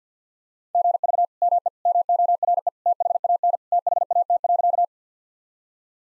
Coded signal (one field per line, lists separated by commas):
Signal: Morse code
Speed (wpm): 50 wpm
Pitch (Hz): 700 Hz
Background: none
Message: GV ME MORE THAN THAT.